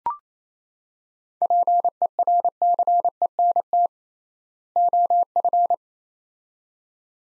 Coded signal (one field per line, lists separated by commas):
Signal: Morse code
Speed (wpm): 28 wpm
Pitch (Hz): 700 Hz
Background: none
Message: PERCENT OF